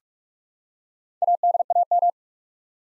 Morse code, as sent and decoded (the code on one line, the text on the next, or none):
.- -.. .- --
ADAM